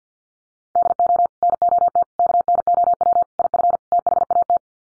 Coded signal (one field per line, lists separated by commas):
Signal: Morse code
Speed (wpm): 50 wpm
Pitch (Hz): 700 Hz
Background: none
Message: DO NOT KNOW IF THAT